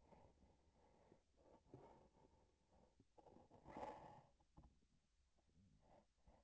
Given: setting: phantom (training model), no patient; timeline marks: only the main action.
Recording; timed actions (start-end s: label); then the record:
laparoscopic instrument, vibration sensor on the handle end
1.30-3.02 s: palpation
From the record:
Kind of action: gesture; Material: synthetic tissue